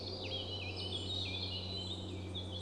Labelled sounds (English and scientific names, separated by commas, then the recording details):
Eurasian Blackcap (Sylvia atricapilla)
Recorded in Germany
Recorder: ecoPi